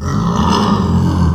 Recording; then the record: squeal of a Yucatan mini pig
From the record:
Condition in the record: after surgery on the right vocal fold (resection and tissue-engineered implant); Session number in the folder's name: 15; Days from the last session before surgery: 175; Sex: female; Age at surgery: 19 weeks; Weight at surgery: 25 kg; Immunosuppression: prednisolone